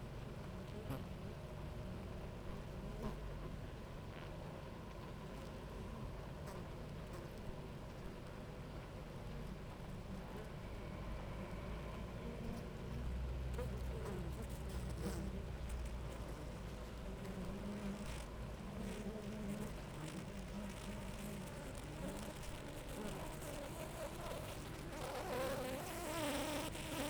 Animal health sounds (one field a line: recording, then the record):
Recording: honeybee colony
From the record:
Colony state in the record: active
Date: 28 July 2017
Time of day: 10:01